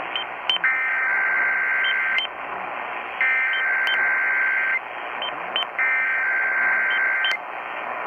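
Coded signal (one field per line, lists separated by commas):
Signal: Emergency Alert System (SAME) tones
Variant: header bursts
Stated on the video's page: Alerts received by long-distance AM DXing from distant AM stations.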